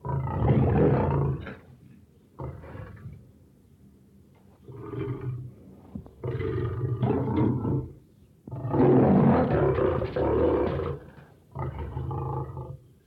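Lion giving repeated deep, rasping roars of varying length, with loud bursts separated by quieter low rumbling grunts between them.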